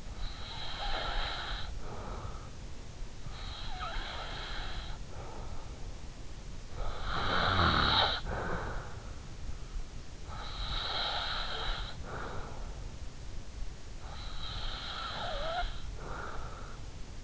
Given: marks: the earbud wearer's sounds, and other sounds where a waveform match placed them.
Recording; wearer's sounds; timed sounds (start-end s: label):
sounds in sleep by an in-ear microphone; breath, snoring breath
0.00-2.51 s: breath
3.25-5.60 s: breath
6.80-8.97 s: snoring breath
10.00-13.03 s: breath
14.34-16.91 s: breath